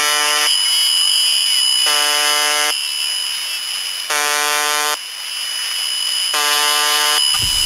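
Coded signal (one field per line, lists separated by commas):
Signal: numbers station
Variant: UVB-76 buzzer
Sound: harsh low buzzes under a second long, repeating about every two seconds, four times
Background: radio static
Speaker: the casually titled Russian station mdz HB formerly and better known as UVB 76 broadcasts almost nothing except this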